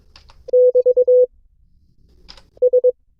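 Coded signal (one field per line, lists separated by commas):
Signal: Morse code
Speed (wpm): 22 wpm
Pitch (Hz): 500 Hz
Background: none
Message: <BT> S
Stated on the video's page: Morse code class session from an amateur radio club.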